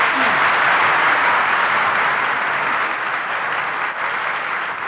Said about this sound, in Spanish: Y Dios quiera que otra vez vuelva a esta maravillosa tierra para recibir esos aplausos tan espontáneos y tan cariñosos de todos ustedes. Muchas gracias.